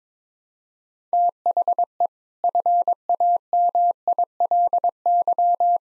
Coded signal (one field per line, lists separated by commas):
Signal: Morse code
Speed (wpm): 22 wpm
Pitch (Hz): 700 Hz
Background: none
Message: THE FAMILY